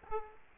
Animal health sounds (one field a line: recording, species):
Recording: mosquito wingbeat signal from an infrared sensor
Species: Aedes aegypti